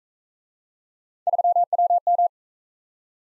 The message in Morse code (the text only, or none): 3WM